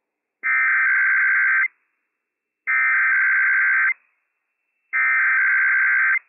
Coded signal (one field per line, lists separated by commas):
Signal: Emergency Alert System (SAME) tones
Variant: header bursts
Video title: IPAWS Required Weekly Test - WWF56 - EAS #232 - 11:00 AM PDT 5/2/22